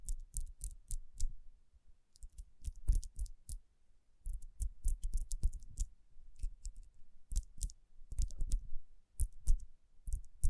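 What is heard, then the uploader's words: Quiet taps and rubs on a rhinestone-covered surface, coming in irregular clusters of sharp clicks with brief pauses between. Each tap has a crisp, glittery top over a soft low thump, and faint scratchy rubbing fills some gaps, which are otherwise silent. ASMR Tapping & Rubbing Rhinestone Covered Palms.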